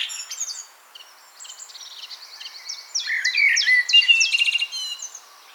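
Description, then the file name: Common blackbird song, mostly dense high squeaky twittering, with a brief fluty warble in the middle and a quiet gap early on. "Turdus merula"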